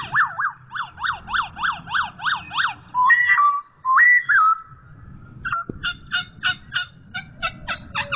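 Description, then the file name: Black-throated laughingthrush song: a quick series of rising-and-falling whistles, two long siren-like slurred notes, then a string of short repeated chips over faint low noise. Indonesian title calls it poksay hongkong and labels the sound as its 'tarian' (dance) song. "suara tarian poksay hongkong"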